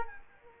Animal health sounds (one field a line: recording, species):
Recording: mosquito wingbeat signal from an infrared sensor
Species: Culex quinquefasciatus